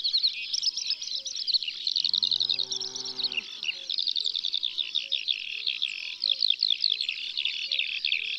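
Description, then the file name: Eurasian skylark song, a continuous high rapid warble of trills and chirps without pause, with a low drawn-out animal bleat lasting about a second and a half midway. Sung in the countryside. "Alouette des champs Chants doiseaux dans la campagne"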